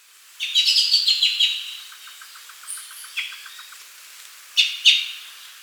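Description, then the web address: Glossy-black thrush song: a rapid burst of high, thin warbled notes, then a run of soft ticking pulses and two short bright phrases near the end. Ecuador. "S America Birds of Ecuador. Glossy-Black Thrush"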